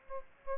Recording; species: mosquito wingbeat signal from an infrared sensor; Aedes aegypti